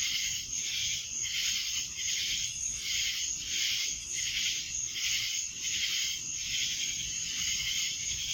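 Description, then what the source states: Many cicadas make a continuous shrill buzz, rising and dipping in slow waves across the whole stretch. Cicadas in Annapolis, July 2012.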